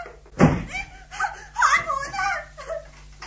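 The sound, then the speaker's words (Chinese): A door slams shut and is locked with one sharp, heavy bang in a 1973 Radio Television Hong Kong radio drama, then a voice cries out and people talk over the fading sound. “我锁住道门，你又冇办法飞噶啦。”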